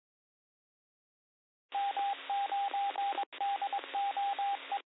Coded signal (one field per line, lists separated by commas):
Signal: Morse code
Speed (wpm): 21 wpm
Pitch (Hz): 800 Hz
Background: radio noise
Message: M9DOE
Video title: STURGEON BAY AMATURE RADIO GOOD MORNING NET. MONDAY 10 30 2023 08 00 46. ON THE AIRSPY SOFTWARE